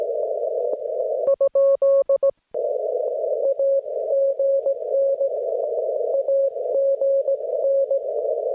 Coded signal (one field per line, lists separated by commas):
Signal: Morse code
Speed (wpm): 18 wpm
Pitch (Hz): 550 Hz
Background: none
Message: ? AGN AGN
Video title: A Field Day at Home with The Club!!!